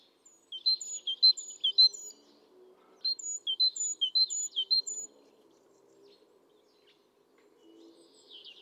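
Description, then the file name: Great tit calls: quick series of short high chirps and thin whistled notes in two bursts, near 0.5–2 s and 3–5 s, with faint low hum beneath. "Parus major"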